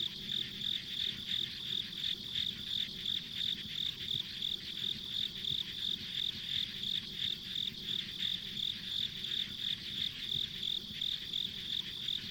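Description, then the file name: Insect song of rhythmic high chirps, close to three each second, set against a thick backdrop of other insects and low rumble. Ambient insect sounds recorded along a rural country road. "田舎道の虫の環境音"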